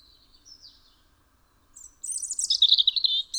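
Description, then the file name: European robin song, thin high whistles followed by a quick burst of sharp, trilling notes sliding downward. "Erithacus rubecula"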